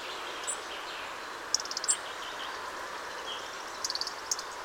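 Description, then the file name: European robin uttering short, high-pitched thin calls, with a quick run of ticking notes near the middle and again near the end, over steady hiss. "Erithacus rubecula"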